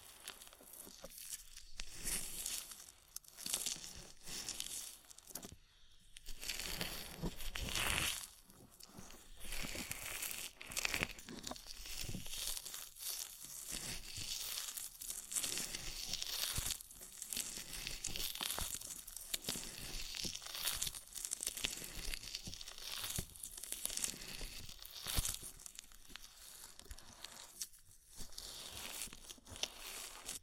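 Ear massage with oil and foam: a dense, continuous run of crinkling, squishing and crackling rubs that fills the whole half minute. The texture shifts constantly with quick strokes and brief near-silent gaps around six and twenty-eight seconds, bright and hissy throughout.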